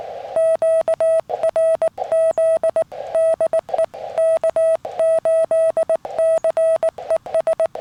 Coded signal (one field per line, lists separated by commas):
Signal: Morse code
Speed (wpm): 19 wpm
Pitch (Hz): 650 Hz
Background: none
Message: QRZ DE K8CES